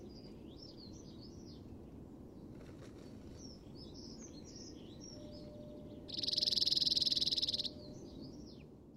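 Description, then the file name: Cirl Bunting trill: a quick, flat rattle of repeated notes lasting over a second, among scattered chirps and twitters. "hacksparv"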